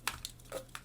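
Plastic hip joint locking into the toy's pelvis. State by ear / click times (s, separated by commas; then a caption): seated / 0.1 s, 0.8 s. The plastic hip joints of a transforming robot toy, which have a small lock, are moved into the toy's pelvis and snap into their locked position. Sharp plastic clicks land at 0.1 s and 0.8 s, with a lighter tick around 0.3 s and a duller, lower rub near 0.5 s in between. The hip joints lock into place.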